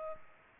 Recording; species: mosquito wingbeat signal from an infrared sensor; Culex pipiens